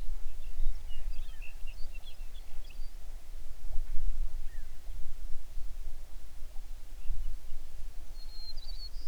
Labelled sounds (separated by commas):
songbird